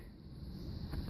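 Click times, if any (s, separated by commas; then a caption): none. The last of four plastic clips is pushed toward its slot in the housing during a cupholder replacement on an Audi A4 B6. Low, soft handling noise builds gradually, ending in a brief sharp sound right at the end of the clip. Nothing has seated or clicked in yet.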